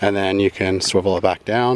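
A belly bar on a ZOE XL2 Deluxe double stroller, released with the red trigger, is being handled and swiveled back down toward its latch while someone talks. The clip is almost all speech with no sudden sounds, and it ends before the bar goes home, so nothing has seated or clicked yet.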